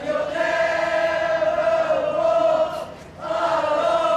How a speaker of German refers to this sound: Die Angehörigen spendeten der Jury Applaus und stimmten vor dem Gerichtsgebäude die Vereinshymne des FC Liverpool an.